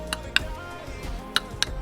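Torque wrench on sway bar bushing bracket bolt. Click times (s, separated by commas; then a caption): 0.4 s. A click-type torque wrench tightens the steel bracket bolt for a Super Pro front sway bar bushing on the front subframe of a 2020 WRX. A sharp metallic click at 0.4 s confirms the wrench has reached its torque setting. Fainter sharp ticks at 0.1, 1.4 and 1.6 s sit over a steady tonal background.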